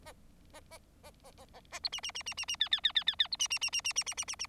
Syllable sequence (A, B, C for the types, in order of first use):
A A A A A A A A B C C C C C C D D D D D D B C C C C C C C C C C